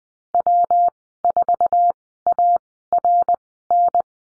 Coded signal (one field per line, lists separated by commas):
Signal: Morse code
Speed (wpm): 20 wpm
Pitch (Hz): 700 Hz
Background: none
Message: W4ARN